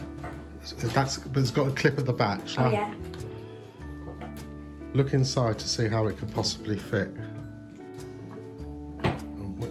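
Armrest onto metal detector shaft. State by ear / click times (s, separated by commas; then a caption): not seated / none. An armrest is examined and turned to work out which way it fits onto a Minelab Vanquish 540 metal detector shaft, while someone talks over background music. Faint handling sounds come through, with no impact. Nothing has seated or clicked yet.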